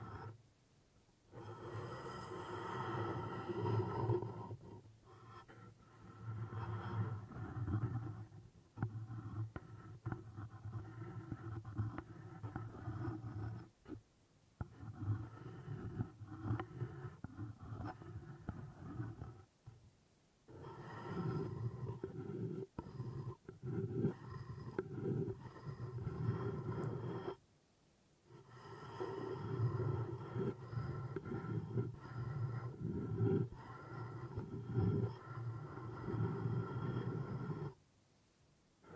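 Wood triggers: long stretches of rough, grinding rubbing and scraping, dense and mostly steady, with a low, growly body and faint rapid ticks on top. Short silent pauses break it up near 5, 14, 20 and 28 seconds.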